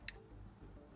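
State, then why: Not seated. The cable from the exterior assembly of an Ultraloq U-Bolt Pro smart deadbolt is being handled at the internal connector on the interior assembly, with the battery cover off. Short ticking handling sounds are heard, with sharp ticks near 0.1 s and 1.0 s over a low background hum. Nothing has seated or clicked into place yet.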